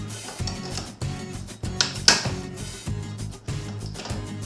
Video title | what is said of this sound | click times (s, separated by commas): Bulaşık makinası kart arızası ve Sökümü nasıl yapılır ? | oturttuğunuzda arkadaşlar çıt diye bir ses geliyor. | 2.1 s